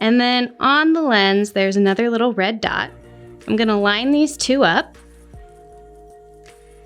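Someone talks while lining up the red dot on an interchangeable lens with the red dot on the mount of a Lumix DC-G9 mirrorless camera body, with steady tonal background music underneath. The talking stops around 4.9 s, leaving only the quiet background tones. The lens has not yet been twisted toward the release button, so nothing has seated or clicked yet.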